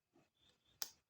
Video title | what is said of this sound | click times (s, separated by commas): 5200d NIkon Unboxsing RONGKIM Vlogs ♥️🥰♥️🔥🔥🔥 | klik boleh chalo dia oke | 0.8 s